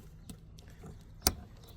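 A second plastic wiring harness connector is plugged into the fuel pump module of a 2014 Hyundai Elantra. After a few faint ticks and low background hum, it snaps in with one sharp, bright click at 1.3 s, confirming it is seated.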